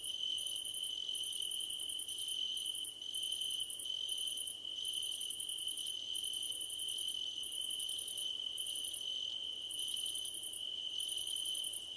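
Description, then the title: Crickets chirping in a dense chorus, with a steady high trill under bursts of pulsed chirps lasting about half a second to a second, separated by short gaps. Crickets calling at night under a starlit sky. "Nighttime Ambience with Crickets 🌃"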